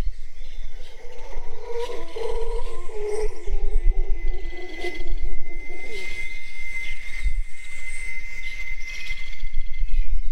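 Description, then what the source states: Howler monkey howls, a deep drawn-out roaring chorus in the background for several seconds, with a steady high insect drone. Tropical setting at dawn, background ambience.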